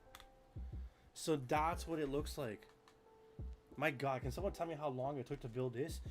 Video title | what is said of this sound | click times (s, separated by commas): 🔴 LIVE: Unboxing & Building the LEGO FIFA World Cup Trophy with Chat! ⚽🏆 | And now we connect to the soccer field by doing a little click click thing here. | 0.2 s